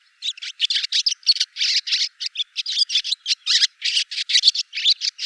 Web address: hirundo rustica call